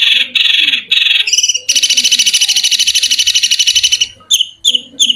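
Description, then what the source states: Long-tailed shrike song: scratchy bursts lead into a long buzzy rattling trill, followed by a few sharp, harsh single notes. Long-tailed shrike (cendet) song, billed as 'mewah' (premium); a masteran recording used to train other birds.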